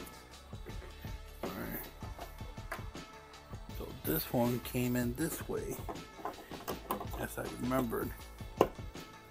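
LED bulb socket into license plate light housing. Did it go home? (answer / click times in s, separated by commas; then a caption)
yes / 8.6 s. A plastic socket holding an Auxito LED bulb is pushed into a license plate light housing and twisted while someone talks over background music. It snaps into place with a sharp click at 8.6 s, and the seated socket stays put.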